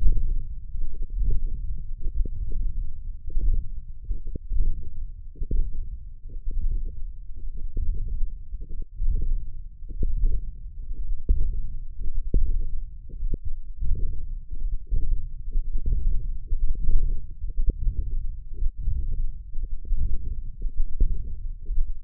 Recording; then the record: forearm muscle sounds (acoustic myography)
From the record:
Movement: wrist extension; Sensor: system 1, eight BSWA MPA416 microphones around the upper forearm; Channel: 6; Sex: male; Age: 21 years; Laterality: right